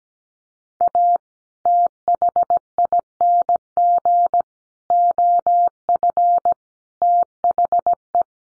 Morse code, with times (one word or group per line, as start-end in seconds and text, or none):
0.8-1.2 A
1.7-4.4 THING
4.9-6.5 OF
7.0-8.2 THE